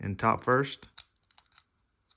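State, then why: Not seated. The plastic back cover of an Audi car key fob (A4, A5, RS6, RS7, Q7, TT) is being refitted onto the fob housing after a remote key battery change, top tabs first. Someone talks for the first second, then faint light taps and handling clicks follow from about 1.0 to 1.6 s, with one more at 2.1 s. The cover has not snapped shut yet; nothing has seated.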